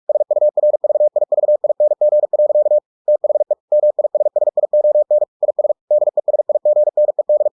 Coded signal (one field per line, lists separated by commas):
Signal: Morse code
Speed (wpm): 46 wpm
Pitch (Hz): 600 Hz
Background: none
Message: SURVIVING. THE MISSION IS DESIGNED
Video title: The Martian by Andy Weir in Morse code - 45WPM - Chapter 1